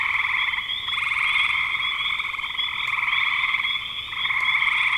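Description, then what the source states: Frogs in a dense chorus, steady overlapping trilling notes forming a continuous high buzz. Frogs in spring 2025.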